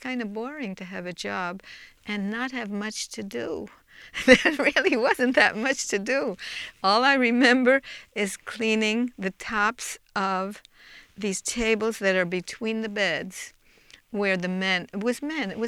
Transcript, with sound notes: It's kind of boring to have a job and not have much to do. (she laughs) There really wasn't that much to do. All I remember is cleaning the tops of these tables that are between the beds where the men, it was men.